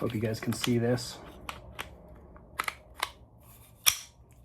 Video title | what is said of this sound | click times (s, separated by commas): Taurus TX22 Review - A Realistic Training Tool for the Everyday Protector | And then once it's there, you bring it back and forward. It's locked into place. | 3.9 s